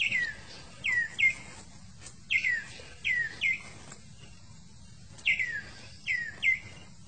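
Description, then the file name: Emerald cuckoo song: clear whistled notes slurring downward, given mostly in pairs with short pauses between. "Canto do cuco esmeraldino"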